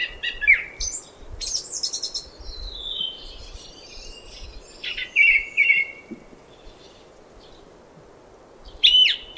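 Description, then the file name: Song thrush song: varied, scratchy and whistled phrases separated by pauses, with one brief note given twice before a final sharp phrase. "Golosa ptic i zverei - Pevchii drozd"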